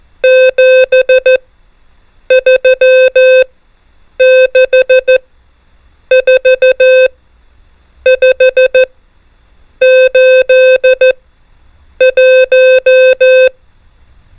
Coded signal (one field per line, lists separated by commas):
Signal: Morse code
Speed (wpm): 14 wpm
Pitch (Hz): 520 Hz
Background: music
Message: 7 3 6 4 5 8 1